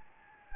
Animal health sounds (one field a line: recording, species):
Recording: mosquito wingbeat signal from an infrared sensor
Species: Anopheles gambiae